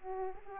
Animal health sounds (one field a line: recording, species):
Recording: mosquito wingbeat signal from an infrared sensor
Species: Aedes aegypti